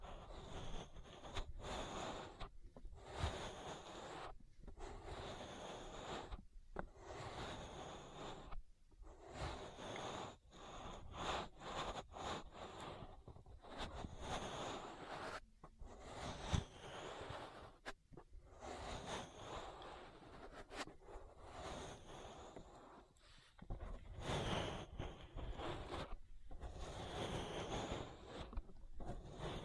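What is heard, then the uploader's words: An ear massage: dense rustling and rubbing swells in repeated strokes, each lasting one to two seconds with short quiet gaps between. The sound is full and breathy, spanning low thuds to bright hiss, steady in loudness throughout, with a sharp click near sixteen seconds. ASMR Relaxing Ear Massage.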